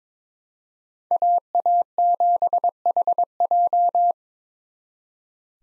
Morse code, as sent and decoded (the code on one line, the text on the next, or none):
.- .- --... .... .---
AA7HJ